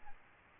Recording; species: mosquito wingbeat signal from an infrared sensor; Aedes albopictus